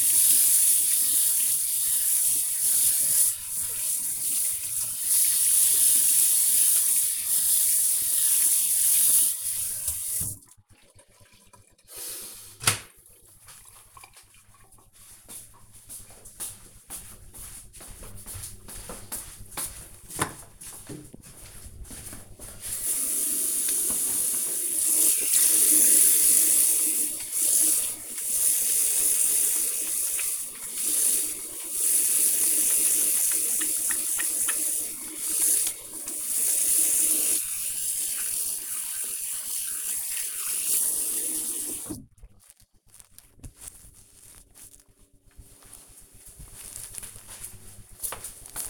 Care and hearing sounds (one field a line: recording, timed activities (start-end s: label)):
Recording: household activities, microphone on the right wrist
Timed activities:
0.00-10.37 s: washing dishes
22.44-42.59 s: washing hands